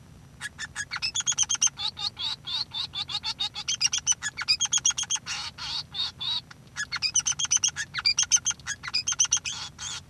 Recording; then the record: song of a male Bengalese finch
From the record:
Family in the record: son of father 3